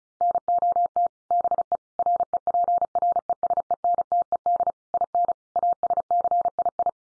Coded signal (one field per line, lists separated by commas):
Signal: Morse code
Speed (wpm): 34 wpm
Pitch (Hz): 700 Hz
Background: none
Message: NOT BE REPRESENTED IN ASCII